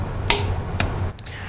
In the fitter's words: and once you get to that you hear an audible click